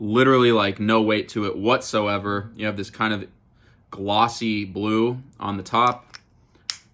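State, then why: Seated. Someone talks about a lightweight, cheap plastic cap with glossy blue on top for a Dolce & Gabbana Light Blue eau de toilette perfume bottle. After the talking, the cap is pressed onto the bottle and snaps into place with one sharp click at 6.7 s, seating the cap.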